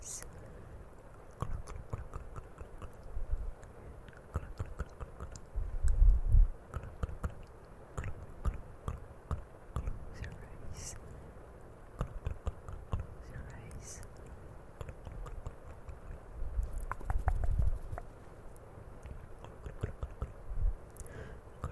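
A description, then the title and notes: Wet mouth sounds click and smack constantly, mixed with soft low thumps and rubbing from touching the camera. The sounds are dense and irregular, with louder handling bumps around six and seventeen seconds over a quiet, steady background. CAMERA TOUCHING E MOUTH SOUNDS.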